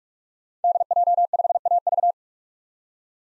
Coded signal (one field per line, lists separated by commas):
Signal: Morse code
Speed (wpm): 42 wpm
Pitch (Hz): 700 Hz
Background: none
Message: DJ5AV